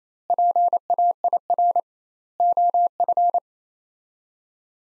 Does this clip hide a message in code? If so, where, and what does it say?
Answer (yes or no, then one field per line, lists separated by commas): yes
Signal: Morse code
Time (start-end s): 0.3-3.4 s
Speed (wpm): 27 wpm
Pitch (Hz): 700 Hz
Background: none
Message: PAIR OF